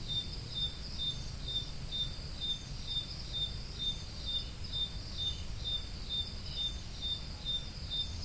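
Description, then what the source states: Cricket chirps repeated steadily around two per second, high and thin, over background rumble. Crickets recorded at Roodekopjes.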